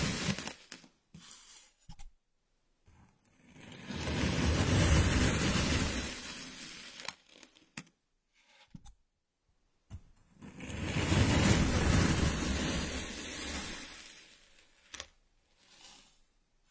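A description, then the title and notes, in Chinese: Sand being triggered into motion, giving a rustling, hissing pour. Two long bursts swell and fade, one from about three to seven seconds and another from ten to fifteen, with short crackles and near-silent gaps between them. 动力沙触发，沙沙声。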